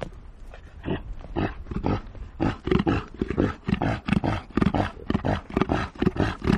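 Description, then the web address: Reindeer roar: grunting starts soft and builds into steady, rough, low pulses, roughly two each second. "tonakaino pao xiao"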